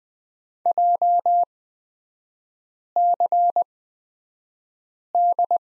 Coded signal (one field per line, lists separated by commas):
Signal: Morse code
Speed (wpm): 20 wpm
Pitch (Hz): 700 Hz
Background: none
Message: JCD